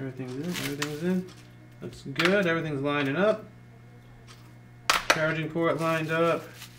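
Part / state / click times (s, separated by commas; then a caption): plastic back cover clip into tablet frame / not seated / none. Someone talks while lining up the plastic back cover of a Kindle Fire HD 8 tablet with its charging port and fitting it over the frame, with a brief sharp handling tap near 4.9 s. Nothing has seated or clicked yet; the retaining clip has not snapped into the frame.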